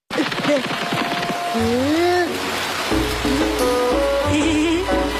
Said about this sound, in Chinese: 下雨了，我们赶紧找地方躲雨。